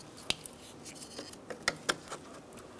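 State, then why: Not seated. The radiator cooling fan's electrical connector on a 2014-2019 Kia Soul 1.6L L4 is handled while being slid toward the fan harness plug, with brief sharp handling ticks at about 0.3, 1.7, 1.9 and 2.9 seconds over quiet background noise. The connector has not latched or clicked into place yet by the end of the clip.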